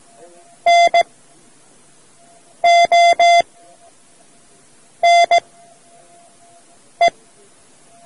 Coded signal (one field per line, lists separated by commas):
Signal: Morse code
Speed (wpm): 17 wpm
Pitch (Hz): 690 Hz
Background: none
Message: NONE